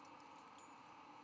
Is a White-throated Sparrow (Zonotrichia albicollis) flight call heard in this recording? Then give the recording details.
no. No flight call is heard. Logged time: 01:03 on 17 November 2014